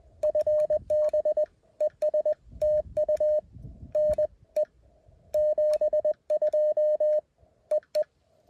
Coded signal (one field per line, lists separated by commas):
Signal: Morse code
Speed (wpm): 20 wpm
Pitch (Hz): 590 Hz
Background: none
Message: FB ES TU NE 72 EE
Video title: Morse Code POTA activation at Elk Mountain 11/6/2024